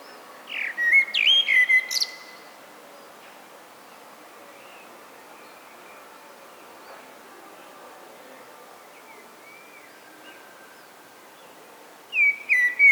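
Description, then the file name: Common blackbird giving two song phrases separated by a long quiet pause, each a mellow whistle with thin, high squeaky notes; the second is cut off at the end. "Turdus merula"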